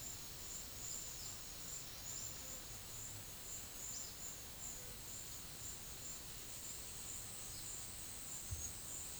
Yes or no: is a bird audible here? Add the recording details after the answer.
no. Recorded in pastures near Puerto Asís, Putumayo, Colombia, on 13 March 2025 at 11:00. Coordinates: 0.505, -76.324. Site GP08